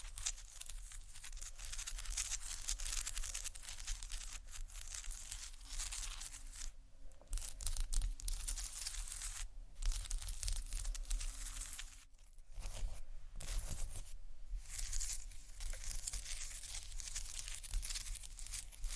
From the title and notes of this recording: Tiles Scratch & Tap (stone, seashell, glass, etc) (No Talking).